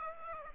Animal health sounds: mosquito wingbeat signal from an infrared sensor; Aedes aegypti

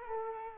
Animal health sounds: mosquito wingbeat signal from an infrared sensor; Culex quinquefasciatus

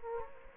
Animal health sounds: mosquito wingbeat signal from an infrared sensor; Anopheles gambiae

